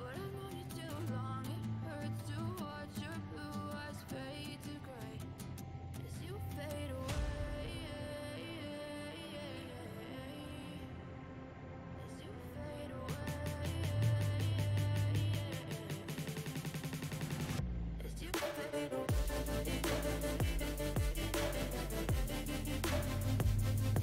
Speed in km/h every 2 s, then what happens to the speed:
97, 98, 97, 97, 98, 97, 97, 97, 97, 97, 98, 98.
0-24 steady at about 97.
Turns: none.